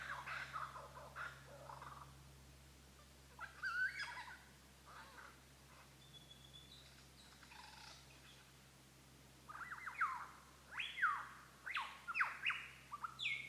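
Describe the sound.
Lyrebird song: varied notes, then a quieter stretch with a single thin whistle, then a burst of rapid whistled sweeps.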